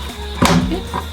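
A swivel seat base in a van is rotated one-handed until its locking mechanism engages, with a sharp click at 0.4 seconds as the seat lock seats into place. Music plays throughout.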